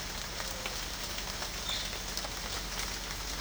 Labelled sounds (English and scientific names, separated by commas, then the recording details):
none
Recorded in pastures near Puerto Asís, Putumayo, Colombia, on 12 March 2025 at 09:00
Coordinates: 0.502, -76.324
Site GP07